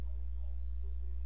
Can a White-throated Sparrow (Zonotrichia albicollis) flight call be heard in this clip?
no